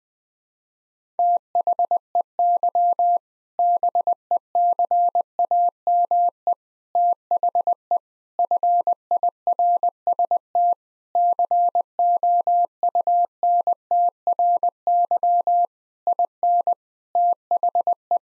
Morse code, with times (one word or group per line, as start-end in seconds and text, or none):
1.2-3.2 THEY
3.6-6.5 BECAME
7.0-8.0 THE
8.4-10.7 FIRST
11.2-15.7 COUNTRY
16.1-16.7 IN
17.2-18.2 THE